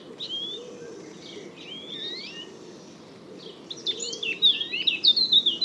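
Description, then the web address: Bird whistles, thin and slurred, come slowly at first, then a lively burst of twittering notes builds toward the end. "Bird Only More Classes Pi Pi Pi Pi"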